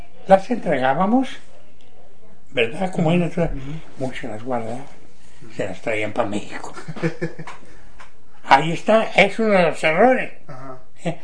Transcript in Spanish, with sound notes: las entregábamos, ¿verdad? Como ahí en el tren. Muchos las guardaban. Se las traían pa México. (risas) Allí está, es uno de los errores, ¿eh?